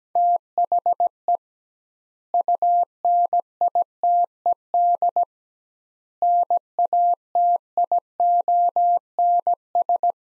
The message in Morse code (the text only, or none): THE UNITED NATIONS